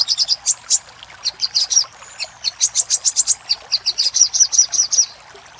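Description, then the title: Little spiderhunter song: clusters of high sharp chirps broken by short gaps, closing with an even series of downslurred whistled notes. Master recording used for training cage birds. "Masteran Burung Sogok Ontong Labaik"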